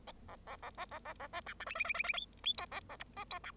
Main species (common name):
Bengalese Finch